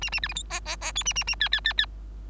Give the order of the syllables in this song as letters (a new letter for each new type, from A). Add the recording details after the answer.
A A B C D E E E F A A A G G G G. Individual Bird3